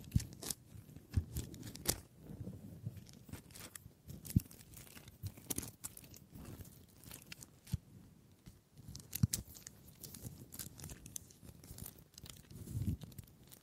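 Dry wooden tapping, scratching and rubbing, with irregular sharp clicks and cracks scattered through the clip, loudest near 1, 4.5, 9 and 13 seconds. Between the clicks a low, soft rustling runs steadily, with a crinkly, tearing texture.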